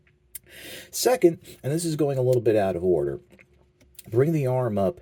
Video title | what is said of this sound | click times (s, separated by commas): Transformers Studio Series Transformers One Megatron | and basically that'll just snap into place at the knee joint that is necessary for the transformation | 0.3 s